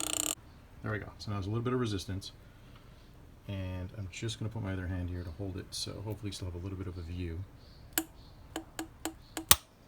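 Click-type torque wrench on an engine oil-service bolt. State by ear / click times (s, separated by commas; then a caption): torque reached / 9.5 s. A click-type torque wrench set to about 25 Nm tightens an oil-service bolt on a Mercedes-Benz GL 450 engine while someone talks. A series of short sharp ticks starts around 8.0 s. The wrench then gives a loud click at 9.5 s, showing the set torque has been reached.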